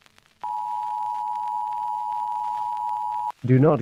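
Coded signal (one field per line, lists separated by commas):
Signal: Emergency Alert System (SAME) tones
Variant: 853 and 960 Hz attention tone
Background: speech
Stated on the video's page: Simulated deep-fake EAS alarm using valid tones.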